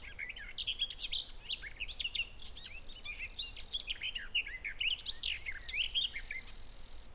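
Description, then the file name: Bush cricket song: hissing buzzes starting and stopping abruptly, the last growing louder toward the end, mixed with lively bird chirps. Recorded in a garden at Buchhorst on 23 July 2016. "ugbushcrick 1-S gardenw-1-S d st sw-buchhorst"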